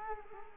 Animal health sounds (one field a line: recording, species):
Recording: mosquito wingbeat signal from an infrared sensor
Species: Culex quinquefasciatus